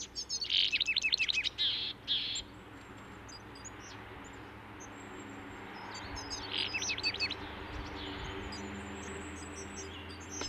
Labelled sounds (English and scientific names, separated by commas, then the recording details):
Willow Tit (Poecile montanus) aggressive call
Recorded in the wild
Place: Ehrwald, Wettersteingebirge, Tirol, AT
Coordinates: 47.4167, 10.9428
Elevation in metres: 979
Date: 1971-04-13
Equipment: Nagra IV, Sennheiser MKH 405
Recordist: Tretzel, Erwin